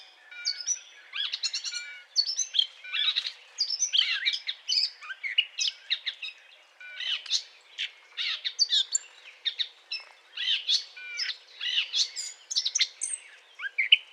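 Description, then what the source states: Eurasian blackcap song: dense, chattering warble of quick varied notes and brief whistles, running almost without pause throughout. Courtship song; recorded 20 April 2009.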